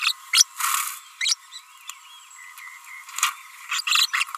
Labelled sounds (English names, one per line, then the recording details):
Green-rumped Parrotlet babbling
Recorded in a nest box in Venezuela
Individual 18B25A5